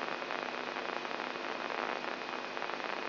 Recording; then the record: brain microelectrode recording played as sound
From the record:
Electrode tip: inside the subthalamic nucleus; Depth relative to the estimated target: 1 mm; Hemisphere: left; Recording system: AlphaMap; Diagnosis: Parkinson's disease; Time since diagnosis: 11 years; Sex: male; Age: 67 years